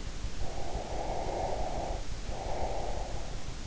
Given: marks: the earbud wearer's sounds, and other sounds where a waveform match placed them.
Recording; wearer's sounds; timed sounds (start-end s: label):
sounds in sleep by an in-ear microphone; breath
0.32-3.17 s: breath